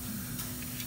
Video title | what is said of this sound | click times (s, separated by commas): 3 How To 6.0 Powerstroke Fuel Injector 3 | nope i didn't hear either one of them click this is an o3 i'm going to have to do a different one | none